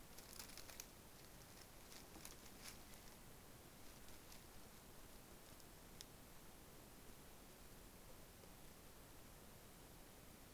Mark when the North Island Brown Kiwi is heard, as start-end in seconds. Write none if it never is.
none